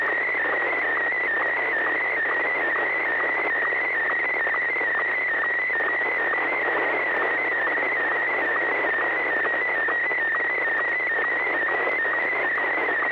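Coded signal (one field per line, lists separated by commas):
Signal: SSTV (slow-scan television)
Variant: Martin 1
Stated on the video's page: SSTV net on a 441.300 MHz FM repeater, sent with MMSSTV software.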